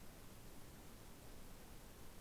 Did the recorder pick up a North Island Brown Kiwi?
no